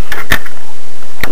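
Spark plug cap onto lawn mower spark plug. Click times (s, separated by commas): 1.2 s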